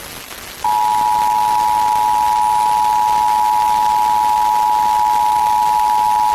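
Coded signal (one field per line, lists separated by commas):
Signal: Emergency Alert System (SAME) tones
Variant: 853 and 960 Hz attention tone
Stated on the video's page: IPAWS weekly test received from WQCK 105.9 Phillipsburg.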